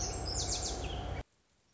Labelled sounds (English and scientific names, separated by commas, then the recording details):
Lazuli Bunting (Passerina amoena)
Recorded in Sonoma County, California